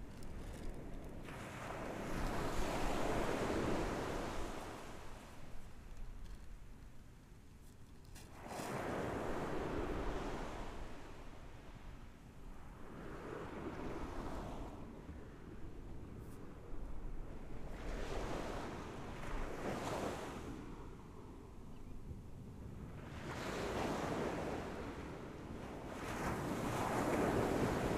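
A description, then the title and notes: Ocean waves break in a slow rhythm, each one surging into a rushing wash and then easing back, roughly every five seconds, with big swells near 3, 10, 20 and 27 seconds. A steady low rumble of wind buffeting the microphone runs underneath throughout. Ocean waves breaking in the Marina District.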